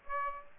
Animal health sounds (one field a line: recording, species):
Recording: mosquito wingbeat signal from an infrared sensor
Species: Aedes aegypti